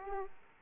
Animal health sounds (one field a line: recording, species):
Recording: mosquito wingbeat signal from an infrared sensor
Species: Aedes aegypti